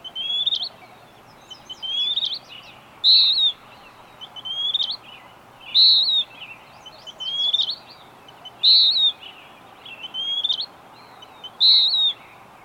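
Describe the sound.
Bird delivering high whistled phrases alternating with rising slurred notes, repeated many times, steady hiss behind.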